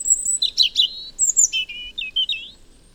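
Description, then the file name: European robin song: a rapid, varied phrase of very high thin notes, quick chirps and warbled slurs, fading out after about two and a half seconds. "Erithacus rubecula"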